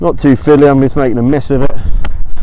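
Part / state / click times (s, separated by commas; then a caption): clip or lock on an inflatable windsurf rig (mast/boom fitting) / seated / 2.1 s. A clip or lock on the mast/boom fitting of an Arrows iRIG inflatable windsurf rig is pushed down while someone talks. A loud, sharp click at 2.1 s shows it has seated, followed by a faint knock at 2.4 s.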